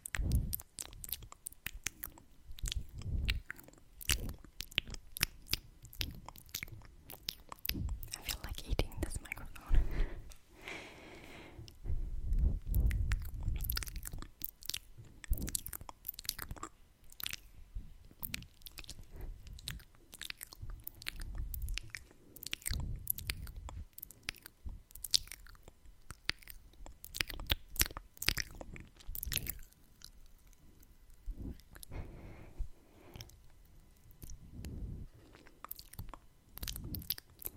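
Wet tongue clicks and kissing sounds pop out in dense, irregular bursts for the whole stretch, sharp and crisp at the top. Soft low rubbing from face touching and breathing swells underneath, heaviest around twelve seconds, with brief quieter gaps near seventeen and thirty seconds.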